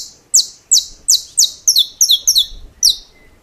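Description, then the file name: Saffron finch song: a quick string of high, sharp downslurred chirps, several doubled, about three per second with short pauses. "Canto-do-Canário-da-Terra"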